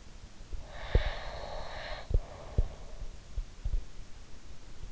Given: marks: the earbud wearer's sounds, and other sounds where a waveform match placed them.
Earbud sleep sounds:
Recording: sounds in sleep by an in-ear microphone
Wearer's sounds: breath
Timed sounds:
0.65-3.06 s: breath
0.90-3.84 s: sound from someone else or the room

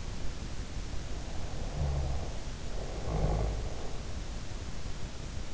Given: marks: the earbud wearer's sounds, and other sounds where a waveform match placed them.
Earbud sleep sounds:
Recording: sounds in sleep by an in-ear microphone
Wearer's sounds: snoring breath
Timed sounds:
1.37-4.02 s: snoring breath

